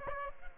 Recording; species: mosquito wingbeat signal from an infrared sensor; Aedes aegypti